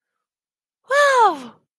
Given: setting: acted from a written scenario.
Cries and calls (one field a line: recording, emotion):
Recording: vocal sound without words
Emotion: positive surprise